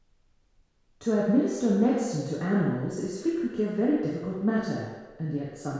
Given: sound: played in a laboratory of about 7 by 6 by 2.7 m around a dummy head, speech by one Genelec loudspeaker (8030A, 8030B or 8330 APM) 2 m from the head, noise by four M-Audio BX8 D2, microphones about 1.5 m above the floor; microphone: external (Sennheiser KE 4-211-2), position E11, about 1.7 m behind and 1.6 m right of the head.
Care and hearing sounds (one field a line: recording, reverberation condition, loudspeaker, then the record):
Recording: female speech in English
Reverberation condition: high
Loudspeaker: 120 degrees to the right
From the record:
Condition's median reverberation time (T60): about 1300 ms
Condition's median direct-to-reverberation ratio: about -4.0 dB